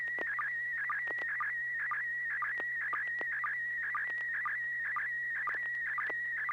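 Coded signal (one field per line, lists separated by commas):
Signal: SSTV (slow-scan television)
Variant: PD120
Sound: continuous warbling whine, mostly steady high pitch, with short low chirps about twice a second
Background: low hum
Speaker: this should be PD120 N6PGQ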